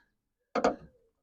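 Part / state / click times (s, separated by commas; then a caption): gas strut socket end onto the tailgate ball stud / seated / 0.6 s. A new tailgate gas strut's socket end on an Opel Corsa D is pushed onto its metal ball stud and snaps on. A sharp click at 0.6 s is followed right away by a second click at 0.65 s, then a short fading rattle. The strut end is confirmed seated on the ball stud.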